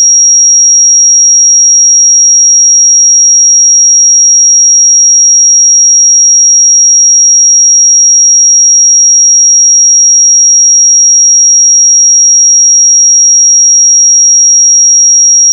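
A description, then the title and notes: A pure sine tone at 5648 Hz holds perfectly steady for the whole sixteen seconds, a single thin, bright whistle with no change in pitch or loudness. Nothing else is heard beneath it, no background noise, just the unbroken tone. 5648 Hz 1 Hz Interval Sine Pure Tone Frequency 441000 Sample Mono.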